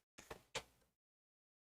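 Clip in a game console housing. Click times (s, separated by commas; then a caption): 0.3 s, 0.6 s. A spring clip or latch in the case of an Xbox 360 game console housing is pressed and pushes itself back into place. Two short, sharp clicks are heard at 0.3 s and 0.6 s, each trailing off briefly. The clip is seated back in.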